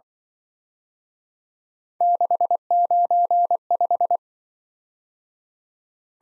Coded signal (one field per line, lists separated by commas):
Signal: Morse code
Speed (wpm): 24 wpm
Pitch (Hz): 700 Hz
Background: none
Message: 695